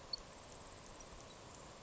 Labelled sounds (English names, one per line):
Grasshopper Sparrow